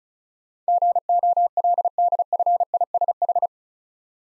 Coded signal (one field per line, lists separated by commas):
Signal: Morse code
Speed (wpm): 36 wpm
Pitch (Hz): 700 Hz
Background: none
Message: GOLDFISH